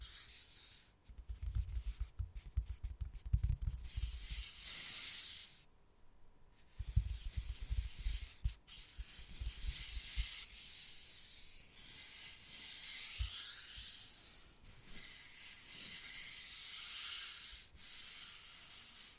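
Wood carving with bright scraping and rubbing strokes, bursts of low knocks around 1–4 and 7–9 seconds, and short gaps between passes.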